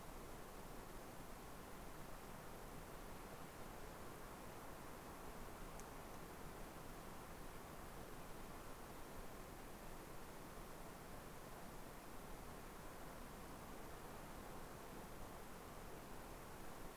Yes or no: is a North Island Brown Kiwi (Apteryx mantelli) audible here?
no